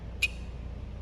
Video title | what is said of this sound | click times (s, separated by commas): Why Do "Explosion Proof" Fire Alarms Exist? | and then it clicks into place | 0.2 s